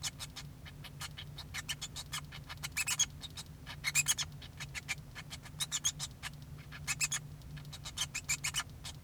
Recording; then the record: song of a male Bengalese finch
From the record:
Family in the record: son of father 2